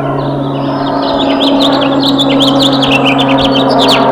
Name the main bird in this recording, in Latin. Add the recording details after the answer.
Haemorhous mexicanus. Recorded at Freeport on Long Island, New York, on 28 May 2013. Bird A